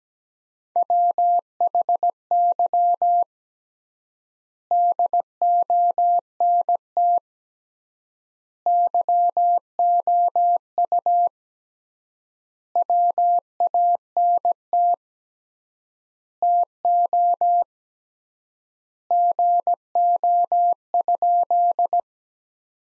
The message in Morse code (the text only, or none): WHY DONT YOU WANT TO GO?